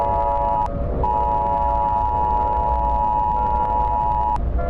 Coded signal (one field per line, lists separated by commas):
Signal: Emergency Alert System (SAME) tones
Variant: 853 and 960 Hz attention tone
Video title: eas alarm part 2